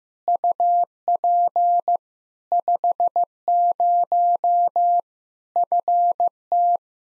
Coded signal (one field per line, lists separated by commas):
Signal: Morse code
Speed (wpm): 15 wpm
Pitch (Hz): 700 Hz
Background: none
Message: UP 50 FT